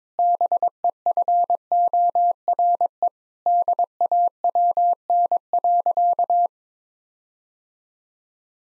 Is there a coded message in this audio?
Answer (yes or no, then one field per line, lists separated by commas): yes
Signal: Morse code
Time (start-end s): 0.2-6.5 s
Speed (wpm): 22 wpm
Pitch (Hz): 700 Hz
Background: none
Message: BEFORE DAWN.